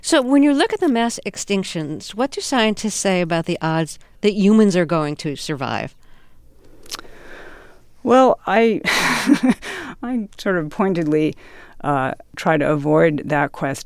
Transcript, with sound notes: So when you look at the mass extinctions, what do scientists say about the odds that humans are going to survive?
Well, I (laughter) I sort of pointedly try to avoid that question.